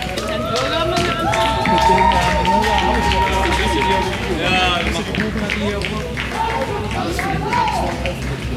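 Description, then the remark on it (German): Spectators in a town centre applaud a couple arriving, with steady, dense clapping that runs the whole way through, mixed with voices and cheering from the crowd at a fairly loud, even level. “Da kommt der Bodyguard mit der Holden unter Beifall.”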